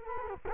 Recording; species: mosquito wingbeat signal from an infrared sensor; Culex quinquefasciatus